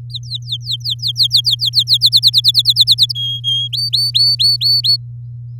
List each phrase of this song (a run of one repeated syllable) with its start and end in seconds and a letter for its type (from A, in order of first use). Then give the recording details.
0.10-1.98 A, 2.01-3.12 B, 3.15-3.68 C, 3.73-4.96 D. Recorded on 7 May 2018 at 05:51. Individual llb16